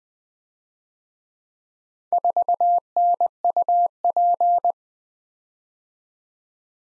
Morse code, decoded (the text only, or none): 4NUP